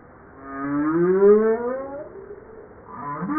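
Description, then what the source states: Humpback whale song: one long harmonic moan sliding slowly upward and then fading. Another sweeping unit begins at the end. Recorded 5 March 1994.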